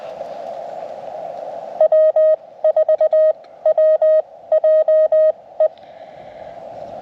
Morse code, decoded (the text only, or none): W4WJE